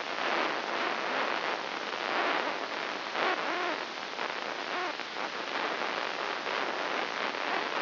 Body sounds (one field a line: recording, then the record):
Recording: brain microelectrode recording played as sound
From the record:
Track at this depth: inside the subthalamic nucleus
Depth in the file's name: 2.804 mm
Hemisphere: right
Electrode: 3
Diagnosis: Parkinson's disease